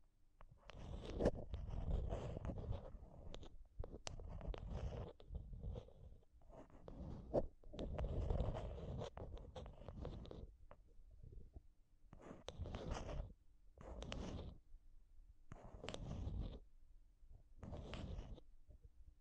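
Tapping and scratching on a microphone, with dense rough scraping bursts and sharp taps that reach from deep thuds to bright hiss. The sound is busy and continuous for the first ten seconds, then breaks into separate rubbing bursts about once or twice a second, with short quiet gaps between them.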